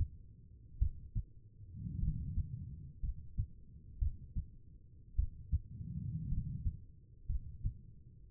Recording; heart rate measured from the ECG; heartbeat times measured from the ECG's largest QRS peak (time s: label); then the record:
heart sounds by stethoscope; 56 bpm
0.79 s: heartbeat
2.00 s: heartbeat
3.01 s: heartbeat
3.99 s: heartbeat
5.16 s: heartbeat
6.29 s: heartbeat
7.27 s: heartbeat
From the record:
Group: healthy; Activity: rest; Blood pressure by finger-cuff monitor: 92/62 mmHg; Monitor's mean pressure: 71 mmHg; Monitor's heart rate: 53 bpm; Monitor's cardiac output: 4.3 L/min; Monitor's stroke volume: 77 mL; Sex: female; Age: 36 years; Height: 163 cm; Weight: 88 kg